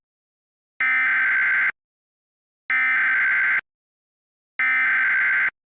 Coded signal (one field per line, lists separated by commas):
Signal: Emergency Alert System (SAME) tones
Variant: header bursts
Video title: [EAS Scenario] Millennium Schism: REDUX (Alternate History ULTIMATE EDITION) (REUPLOAD)